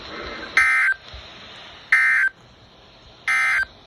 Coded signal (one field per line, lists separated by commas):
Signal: Emergency Alert System (SAME) tones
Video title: EAS #34 Severe Thunderstorm Warning